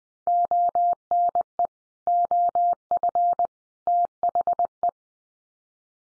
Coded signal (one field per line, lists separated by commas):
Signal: Morse code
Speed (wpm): 20 wpm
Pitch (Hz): 700 Hz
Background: none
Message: ONE OF THE